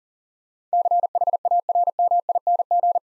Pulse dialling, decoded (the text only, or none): none